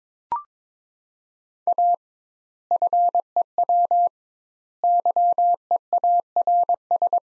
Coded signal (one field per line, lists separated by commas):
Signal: Morse code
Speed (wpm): 22 wpm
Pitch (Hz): 700 Hz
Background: none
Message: A FEW YEARS